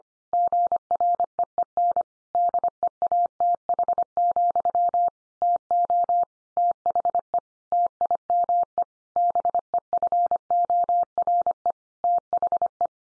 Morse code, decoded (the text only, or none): GREEN DEATH, TO THE TIME BEFORE THE